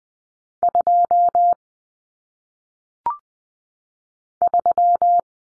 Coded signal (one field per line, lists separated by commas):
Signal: Morse code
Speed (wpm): 20 wpm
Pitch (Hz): 700 Hz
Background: none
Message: 2 3